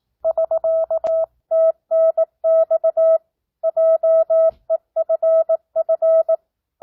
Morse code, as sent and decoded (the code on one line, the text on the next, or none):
...-.- - -. -..- / .--- . ..-. ..-.
<SK>TNX JEFF